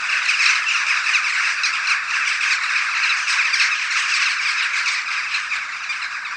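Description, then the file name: Many Western jackdaws giving short, harsh chack calls together, forming a loud, steady chattering chorus throughout. Jackdaws recorded at a communal roost. "Kauwenslaapplaats - luc de bruijn"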